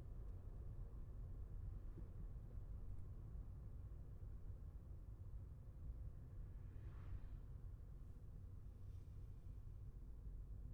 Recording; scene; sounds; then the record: everyday scene through a hearing-aid microphone; in a vehicle; engine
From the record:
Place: Skoda Fabia, gasoline engine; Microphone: behind the ear, left, front